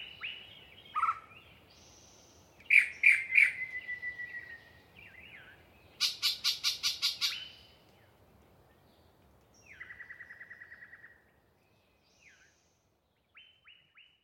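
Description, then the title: Yellow-breasted chat singing a disjointed mix of clucks, a rapid harsh chattering burst, a rattling series and scattered short notes separated by silences. A particularly chatty individual giving a long pre-dawn song session in deciduous cover. "A Very Chatty Yellow-breasted Chat"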